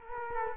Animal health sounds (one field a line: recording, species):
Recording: mosquito wingbeat signal from an infrared sensor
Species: Culex quinquefasciatus